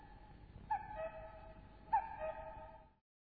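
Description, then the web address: Common cuckoo giving two falling two-note calls about a second apart over a faint low hum, then silence. "Sound Effects Special FX 2. Cuckoo"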